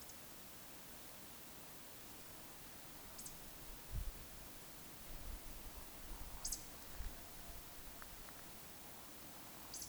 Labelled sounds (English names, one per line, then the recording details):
Eurasian Woodcock whistle
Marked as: whistle, whistle, whistle, whistle
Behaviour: display flight
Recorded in Baden-Württemberg, Germany, on 26 May 2020 at 19:58 UTC
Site 45304, 487 m above sea level